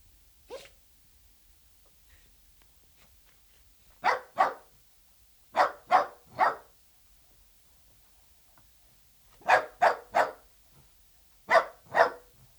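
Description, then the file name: Dachshund giving a single bark, then sharp barks in pairs and triples, separated by quiet pauses. "Het blaffen van een teckel - Sound Cloud - Beeld en Geluid"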